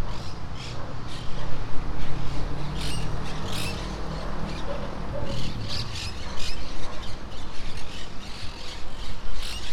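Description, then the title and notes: Monk parakeet chatter: rasping, shrill calls in uneven clusters from several birds, set against a continuous deep background hum. Monk parakeets calling in trees near the coast at Playa Ancha. "Plaza De Loros. Cotorras Argentinas en los arboles cercanos a la costa de Playa Ancha"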